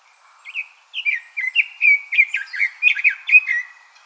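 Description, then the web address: Red-billed leiothrix singing one quick warbled phrase of rising and falling notes, tumbling along for about three seconds. 15 May 2014. "birdenaga sousityou 140515"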